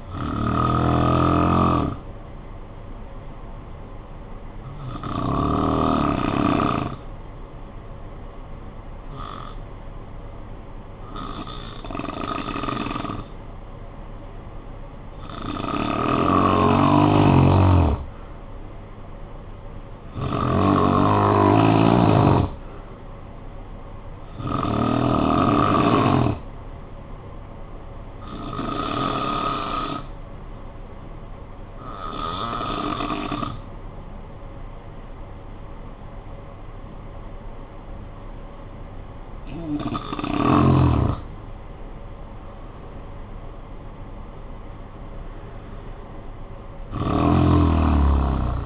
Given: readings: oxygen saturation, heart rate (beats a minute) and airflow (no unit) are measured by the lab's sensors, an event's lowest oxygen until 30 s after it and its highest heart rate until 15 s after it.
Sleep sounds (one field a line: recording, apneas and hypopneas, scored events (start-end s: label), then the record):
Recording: breathing in sleep by a smartphone at the bedside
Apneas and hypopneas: 2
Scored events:
3.00-16.50 s: hypopnea (N1, oxygen 96% highest, then 90% lowest, heart rate 51 at the start, 63 highest)
3.00-33.00 s: new sleep stage, N2 (light sleep)
31.00-44.50 s: hypopnea (N2, oxygen 93% highest, then 89% lowest, heart rate 54 at the start, 68 highest)
33.00-48.66 s: new sleep stage, N1 (lightest sleep)
From the record:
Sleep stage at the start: N1 (lightest sleep)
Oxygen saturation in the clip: 90 to 96%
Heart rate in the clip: 50 to 68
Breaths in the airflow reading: 10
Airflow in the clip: -12.8 to 10.4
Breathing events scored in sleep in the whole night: 445 in 7.6 hours asleep